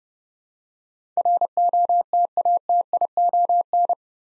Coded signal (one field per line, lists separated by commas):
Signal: Morse code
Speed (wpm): 30 wpm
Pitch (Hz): 700 Hz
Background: none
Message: ROTATION